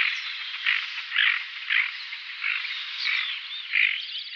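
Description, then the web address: Tufted duck females giving harsh, rasping growled calls, short bursts repeated roughly every half second to second, with fainter grating notes between them. "Schulze Peter Tufted Duck females"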